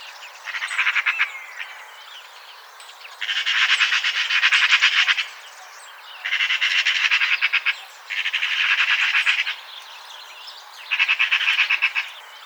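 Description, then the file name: Eurasian magpie giving a dry, machine-gun chatter in five rattling bursts of fast harsh notes, separated by pauses of about half a second to two seconds. "Pica pica"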